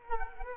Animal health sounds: mosquito wingbeat signal from an infrared sensor; Culex quinquefasciatus

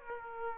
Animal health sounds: mosquito wingbeat signal from an infrared sensor; Aedes aegypti

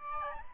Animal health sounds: mosquito wingbeat signal from an infrared sensor; Aedes albopictus

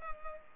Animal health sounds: mosquito wingbeat signal from an infrared sensor; Culex pipiens

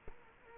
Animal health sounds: mosquito wingbeat signal from an infrared sensor; Culex quinquefasciatus

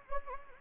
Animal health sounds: mosquito wingbeat signal from an infrared sensor; Anopheles gambiae

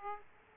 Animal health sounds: mosquito wingbeat signal from an infrared sensor; Aedes aegypti

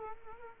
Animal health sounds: mosquito wingbeat signal from an infrared sensor; Culex quinquefasciatus

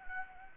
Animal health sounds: mosquito wingbeat signal from an infrared sensor; Anopheles gambiae

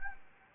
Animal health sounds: mosquito wingbeat signal from an infrared sensor; Anopheles gambiae

